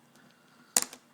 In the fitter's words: not really adhered properly and on the rest right here you simply stick your nail underneath you'll hear a pop then